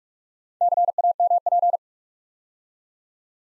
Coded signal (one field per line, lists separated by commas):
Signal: Morse code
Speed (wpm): 44 wpm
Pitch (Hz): 700 Hz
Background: none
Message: CAMP